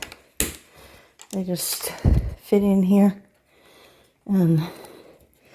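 A plastic holder for lever-nut wire connectors is handled and fitted toward its mounting base while wiring a Blue Sea 1214 AC panel with a Xantrex 3000 W inverter. Someone talks over brief handling noises, including a sharp tap near 0.4 s. The holder has not snapped or seated into its mount by the end of the clip.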